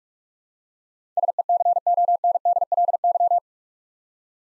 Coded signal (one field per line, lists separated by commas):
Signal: Morse code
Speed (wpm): 44 wpm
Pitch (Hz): 700 Hz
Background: none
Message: SECONDLY